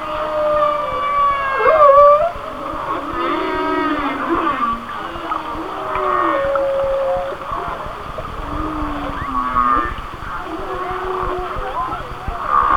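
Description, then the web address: Whale song: overlapping moans, upsweeps and wavering tonal cries, some sliding down in pitch, continuing without pause over background hiss. "Natures Songs Whale Songs Whale Songs- Mike Mc Donald"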